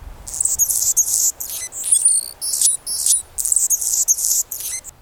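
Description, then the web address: Anna's hummingbird: scratchy, buzzy, very high chirps in a stuttering series of short bursts with brief gaps. Male, diving in display toward a female. "Birdnote"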